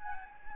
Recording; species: mosquito wingbeat signal from an infrared sensor; Anopheles gambiae